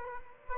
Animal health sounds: mosquito wingbeat signal from an infrared sensor; Culex quinquefasciatus

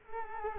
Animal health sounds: mosquito wingbeat signal from an infrared sensor; Culex quinquefasciatus

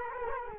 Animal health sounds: mosquito wingbeat signal from an infrared sensor; Culex quinquefasciatus

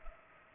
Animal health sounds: mosquito wingbeat signal from an infrared sensor; Culex pipiens

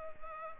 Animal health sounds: mosquito wingbeat signal from an infrared sensor; Culex pipiens

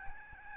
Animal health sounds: mosquito wingbeat signal from an infrared sensor; Aedes albopictus

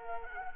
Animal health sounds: mosquito wingbeat signal from an infrared sensor; Culex quinquefasciatus

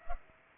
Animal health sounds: mosquito wingbeat signal from an infrared sensor; Culex pipiens

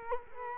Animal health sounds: mosquito wingbeat signal from an infrared sensor; Culex quinquefasciatus

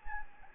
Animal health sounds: mosquito wingbeat signal from an infrared sensor; Anopheles gambiae

